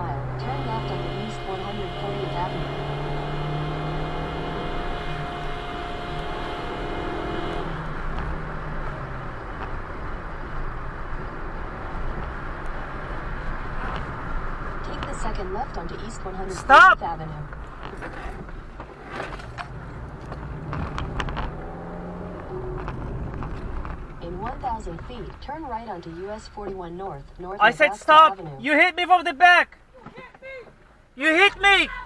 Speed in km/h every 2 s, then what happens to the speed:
69, 76, 84, 85, 87, 82, 85, 77, 53, 34, 37, 42, 18, 5, 0, 0.
0-4 speeds up to 84. 4-13 steady at about 85. 13-19 brakes to 34. 19-22 speeds up to 42. 22-27 brakes to 0. 27-32 standing.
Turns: 17-21.